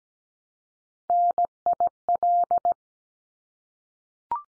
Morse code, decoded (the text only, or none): NIL